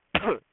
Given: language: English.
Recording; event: throat vibration sensor signal played as sound; cough